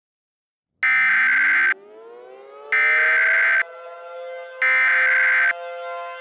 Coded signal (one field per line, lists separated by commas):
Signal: Emergency Alert System (SAME) tones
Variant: header bursts